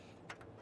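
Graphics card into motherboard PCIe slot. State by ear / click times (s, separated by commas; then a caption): seated / 0.3 s. A large RTX 3080 graphics card is pushed down into the PCIe x16 slot on the motherboard of a Lenovo Legion T5, with the slot's plastic retention latch pulled forward a little. A sharp click at 0.3 s is followed by a softer tick at 0.4 s over a low background hum. The card is seated and locked into the slot.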